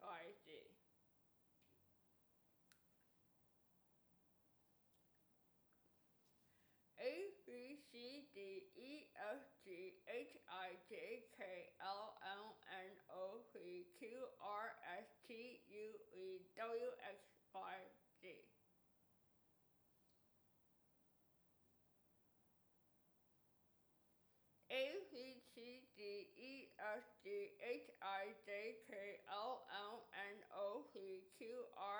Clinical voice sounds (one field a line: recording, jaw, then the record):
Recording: letters of the alphabet, spoken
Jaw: constrained by a bite bar between the teeth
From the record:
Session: first day, right after the free take